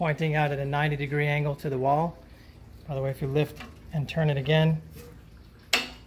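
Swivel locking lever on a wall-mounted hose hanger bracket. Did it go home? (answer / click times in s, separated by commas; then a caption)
yes / 5.7 s. A swivel locking lever on a wall-mounted hose hanger bracket is lifted, the arm is turned 180 degrees, and the lever is let drop while someone talks. A sharp hit at 5.7 s marks the lever locking in place.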